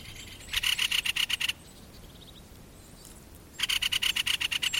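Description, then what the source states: Great spotted woodpecker rattling call: two quick bursts of hard, evenly spaced ticks about a second each, separated by a quiet gap with faint chirps. Clicking call.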